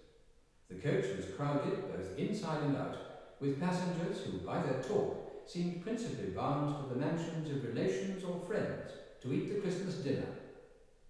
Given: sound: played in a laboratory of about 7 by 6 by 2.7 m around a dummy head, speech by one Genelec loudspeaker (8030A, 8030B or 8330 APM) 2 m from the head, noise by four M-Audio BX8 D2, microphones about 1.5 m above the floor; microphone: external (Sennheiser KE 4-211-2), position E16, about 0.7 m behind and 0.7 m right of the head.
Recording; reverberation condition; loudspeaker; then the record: male speech in English; high; 30 degrees to the right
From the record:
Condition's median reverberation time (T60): about 1300 ms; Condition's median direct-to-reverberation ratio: about -4.0 dB